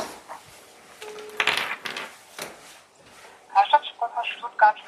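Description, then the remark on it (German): Rustling and a brief clatter as a phone is fetched and handled, followed by a quick run of short, bright electronic tones as a number is dialed to call a store. “In der Zeit hole ich nochmal auch ein Telefon.”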